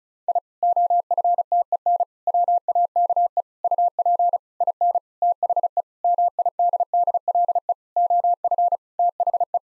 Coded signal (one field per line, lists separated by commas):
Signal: Morse code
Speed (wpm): 36 wpm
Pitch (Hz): 700 Hz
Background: none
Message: I OFTEN WAKE UP IN THE MIDDLE OF THE